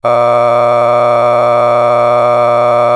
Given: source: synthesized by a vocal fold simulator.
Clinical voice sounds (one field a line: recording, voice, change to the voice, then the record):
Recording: sustained vowel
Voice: male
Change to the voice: a random mix of aspiration noise, stiffness perturbation and strain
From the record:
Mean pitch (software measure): 120 Hz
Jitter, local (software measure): 2.05%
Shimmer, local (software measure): 4.5%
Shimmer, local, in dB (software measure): 0.39 dB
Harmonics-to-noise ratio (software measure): 12.7 dB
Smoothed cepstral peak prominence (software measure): 16.2 dB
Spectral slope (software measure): -16.1 dB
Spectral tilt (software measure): -11.0 dB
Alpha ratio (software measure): -6.6 dB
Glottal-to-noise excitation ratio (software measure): 0.965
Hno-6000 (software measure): 2.1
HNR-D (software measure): 26.5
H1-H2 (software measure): 3.7 dB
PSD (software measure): 1.5e-04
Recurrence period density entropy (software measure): 0.110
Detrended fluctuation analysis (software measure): 0.0381